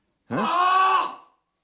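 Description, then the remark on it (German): A man lets out one loud, sustained scream lasting about a second, starting with a sharp rise, holding a strained steady pitch, then quickly trailing off into silence. “schreit.”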